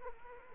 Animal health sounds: mosquito wingbeat signal from an infrared sensor; Aedes aegypti

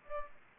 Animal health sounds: mosquito wingbeat signal from an infrared sensor; Aedes aegypti

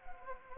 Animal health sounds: mosquito wingbeat signal from an infrared sensor; Anopheles arabiensis

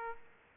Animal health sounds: mosquito wingbeat signal from an infrared sensor; Aedes aegypti

